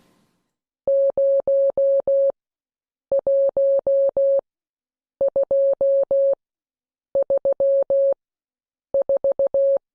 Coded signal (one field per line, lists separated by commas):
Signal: Morse code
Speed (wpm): 16 wpm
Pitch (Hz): 550 Hz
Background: none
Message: 01234